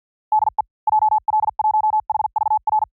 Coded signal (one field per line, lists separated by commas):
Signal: Morse code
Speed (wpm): 50 wpm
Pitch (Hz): 860 Hz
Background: none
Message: DE JL1HVR